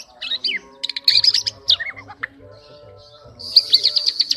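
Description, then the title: Oriental magpie-robin song in short bursts of sharp, varied chirps and quick slurred notes, broken by pauses, with a steady low hum underneath. "kacer"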